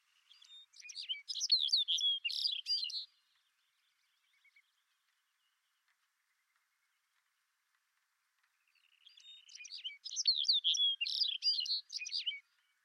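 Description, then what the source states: Lapland longspur singing a rich, tumbling, tinkling warble of quick high notes, given twice with a long near-silent pause between. Recorded in Greenland.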